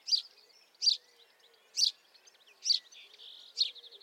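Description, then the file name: House sparrow giving single sharp chirps, five in a row spaced just under a second apart, each bright and clipped, over a quiet background. "Passer domesticus"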